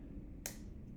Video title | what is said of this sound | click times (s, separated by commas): CubeSatSim Step 4.2 Main Board Part 2 | hear that click in and hold in, then you're good. | 0.5 s